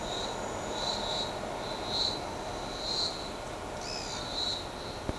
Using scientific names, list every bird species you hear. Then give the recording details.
Atalotriccus pilaris. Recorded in shrubland near Pivijay, Magdalena, Colombia, on 14 April 2023 at 13:00. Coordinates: 10.453, -74.365. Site P5-G022